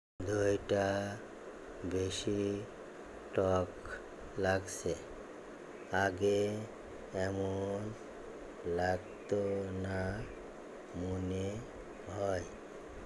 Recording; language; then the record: elicited speech; Bengali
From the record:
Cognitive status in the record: dementia